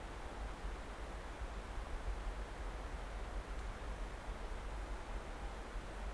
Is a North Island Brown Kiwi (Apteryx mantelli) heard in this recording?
no